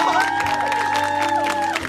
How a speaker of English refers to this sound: Big applause